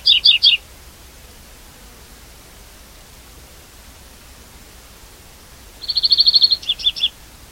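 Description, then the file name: European greenfinch uttering a quick trio of chirps, a long pause, then a rapid buzzy twitter and a few clipped notes. "Chloris chloris"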